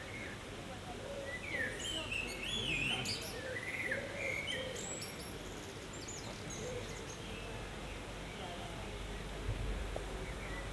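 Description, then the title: Common blackbird song, mellow warbled whistles in the first few seconds, then quieter, with high notes of other birds and low background noise. Several blackbirds in the Kruidtuin botanical garden, Leuven, Belgium; binaural recording made with a smart headset into a phone. "Kruidtuin van Leuven, Kapucijnenvoer 30, 3000 Leuven, Belgique - Blackbirds"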